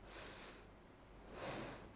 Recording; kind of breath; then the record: one breath in and out by a microphone near the nose and mouth; deep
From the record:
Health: marked as sick, illness not named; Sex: female